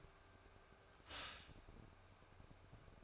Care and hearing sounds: daily activity, microphone in the room; stop toaster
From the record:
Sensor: 2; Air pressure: 1004.1 hPa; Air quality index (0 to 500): 192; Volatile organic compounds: 11 ppm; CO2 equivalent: 2302 ppm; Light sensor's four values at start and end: 4/10/4/4 and 4/10/4/4

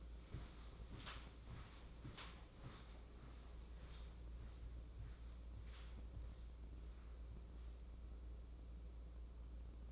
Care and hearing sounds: daily activity, microphone in the room; walk to room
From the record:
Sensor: 1

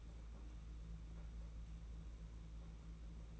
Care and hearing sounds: daily activity, microphone in the room; place on stove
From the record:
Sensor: 1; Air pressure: 991.9 hPa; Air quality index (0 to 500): 216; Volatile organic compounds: 1000 ppm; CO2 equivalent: 8419 ppm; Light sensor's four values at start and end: 22/75/29/29 and 22/75/29/29

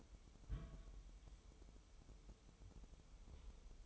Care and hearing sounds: daily activity, microphone in the room; place on stove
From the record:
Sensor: 1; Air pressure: 988.3 hPa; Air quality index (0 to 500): 202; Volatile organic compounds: 1000 ppm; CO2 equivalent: 5412 ppm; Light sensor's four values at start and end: 27/98/37/39 and 26/97/37/39

